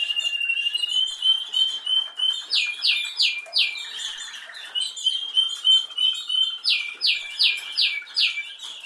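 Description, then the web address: Canary song alternating long high rolling trills with two bursts of quick descending whistled notes, over a faint lower buzzy trill. "Golchin Best Canari Seda Canari. Niyaz Music)"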